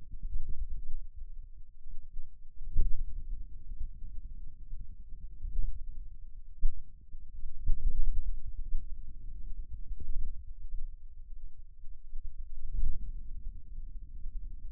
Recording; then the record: forearm muscle sounds (acoustic myography)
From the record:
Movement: hand closing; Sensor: system 2, bracelet of six BSWA MPA416 microphones around the upper forearm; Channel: 2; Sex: male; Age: 22 years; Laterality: right